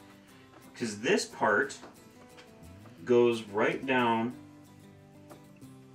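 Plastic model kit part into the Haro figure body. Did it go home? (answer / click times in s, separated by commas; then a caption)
no / none. A plastic model-kit part is guided down into its socket on the Haro figure body while someone talks over steady background music. The part is only lined up here; nothing has seated or clicked yet.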